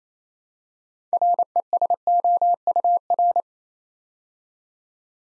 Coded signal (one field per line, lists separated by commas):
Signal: Morse code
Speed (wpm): 28 wpm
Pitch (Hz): 700 Hz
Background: none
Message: RESOUR